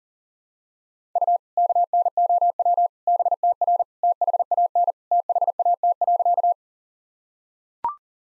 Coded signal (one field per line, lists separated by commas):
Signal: Morse code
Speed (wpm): 40 wpm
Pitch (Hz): 700 Hz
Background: none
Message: U KNOW BTR THAN THAT.